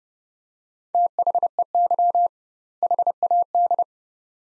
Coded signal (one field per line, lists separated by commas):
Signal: Morse code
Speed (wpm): 31 wpm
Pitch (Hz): 700 Hz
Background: none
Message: THEY HAD